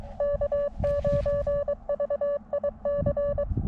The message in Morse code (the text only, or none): K9VIC